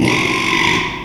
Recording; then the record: squeal of a Yucatan mini pig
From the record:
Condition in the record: after surgery on the right vocal fold (resection and tissue-engineered implant); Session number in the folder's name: 1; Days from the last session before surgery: 6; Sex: male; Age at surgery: 12 weeks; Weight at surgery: 13 kg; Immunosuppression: cyclosporine, prednisolone